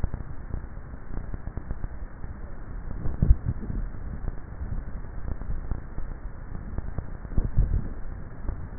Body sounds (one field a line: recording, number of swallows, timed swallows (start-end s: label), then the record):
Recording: swallowing sounds by neck microphone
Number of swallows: 1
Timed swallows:
7.47-8.20 s: swallow
From the record:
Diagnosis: dysphagia